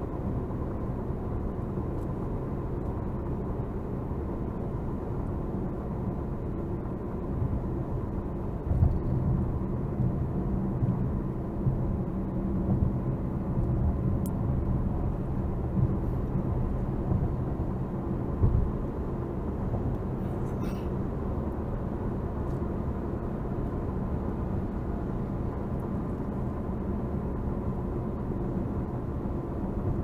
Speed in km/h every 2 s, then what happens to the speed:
87, 85, 82, 82, 81, 79, 79, 84, 85, 87, 87, 85, 84, 82, 82.
0-9 slows to 79. 13-17 speeds up to 87. 17-30 steady at about 84.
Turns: none.